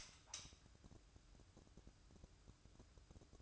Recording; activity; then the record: daily activity, microphone in the room; light on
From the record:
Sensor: 2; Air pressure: 1007.7 hPa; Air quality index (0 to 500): 95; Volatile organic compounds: 1 ppm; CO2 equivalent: 721 ppm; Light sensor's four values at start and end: 8/19/8/8 and 12/34/14/14